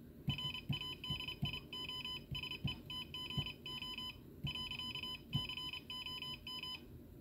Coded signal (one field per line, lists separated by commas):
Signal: Morse code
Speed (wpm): 30 wpm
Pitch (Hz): 3000 Hz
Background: none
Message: RADIOSETGO .COM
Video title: CapKey touch keying (Morse) by RadioSet-GO